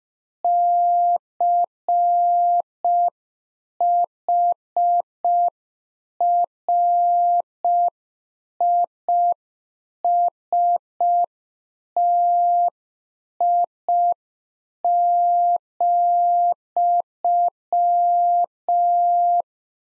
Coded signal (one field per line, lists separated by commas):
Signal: Morse code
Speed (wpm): 5 wpm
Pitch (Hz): 700 Hz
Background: none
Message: CHRISTI,